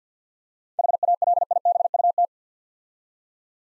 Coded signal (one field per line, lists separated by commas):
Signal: Morse code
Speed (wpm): 50 wpm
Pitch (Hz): 700 Hz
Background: none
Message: HALIBUT